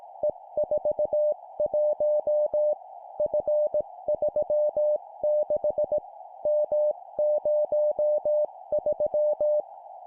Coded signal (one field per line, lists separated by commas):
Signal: Morse code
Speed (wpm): 18 wpm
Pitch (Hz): 600 Hz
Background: music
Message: E41 F36 M03